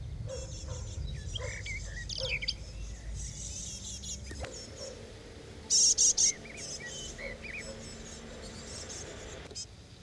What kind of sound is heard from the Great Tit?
begging call